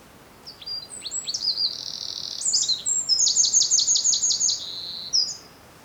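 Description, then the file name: Eurasian wren singing a loud, fast, high run of varied notes, with a sharp rattling trill in the middle and a final brief chip, all over soft steady hiss. "Troglodytes troglodytes"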